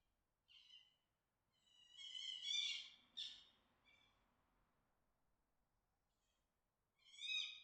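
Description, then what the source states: Fox making thin, wailing, harmonic cries. After a short opening cry, a longer, louder scream is followed by a short sharp cry, a quiet gap, and one more wail at the end. Mating call.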